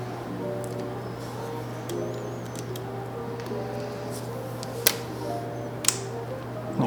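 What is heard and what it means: A mechanical keyboard switch is pressed into a polycarbonate keyboard plate over steady background music and low hum, with a few faint taps early on. Two sharp, loud clicks at 4.9 s and 5.9 s show the switch's clips snapping in, and the switch is seated.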